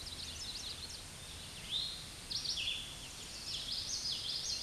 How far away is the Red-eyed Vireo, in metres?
about 30 m